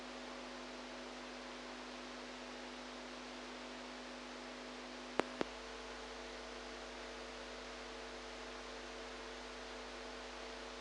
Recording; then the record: brain microelectrode recording played as sound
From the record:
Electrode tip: outside the subthalamic nucleus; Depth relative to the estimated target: -4 mm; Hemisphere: right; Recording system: NeuroSet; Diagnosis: Parkinson's disease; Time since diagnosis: 8 years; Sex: female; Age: 45 years